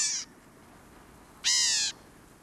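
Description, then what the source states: Black-capped Gnatcatcher calls, two short harsh mewing notes with stacked harmonics, separated by over a second of quiet hiss. Narrow range from mesquite thickets of southeastern Arizona to dry tropical forests of Colima, western Mexico; populations declining from habitat loss.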